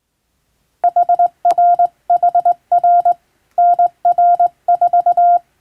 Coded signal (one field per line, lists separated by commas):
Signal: Morse code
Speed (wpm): 21 wpm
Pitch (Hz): 700 Hz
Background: none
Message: HRHR NR4